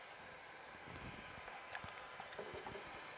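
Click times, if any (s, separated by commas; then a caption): 1.8 s. A small retaining piece is pressed onto the slipper clutch assembly of an ARRMA Fury RC truck, where it holds the clutch in place after the spring goes back on. Over a low, steady background, faint handling scrapes lead to a sharp click at 1.8 s as the piece snaps in, followed by a few lighter ticks. The retaining piece is seated.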